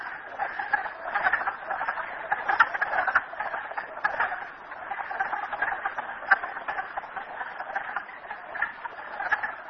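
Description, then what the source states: Frogs chorusing in an unbroken mass of rattling, clicking calls, with a few sharper pulses. Recorded at Merryspring.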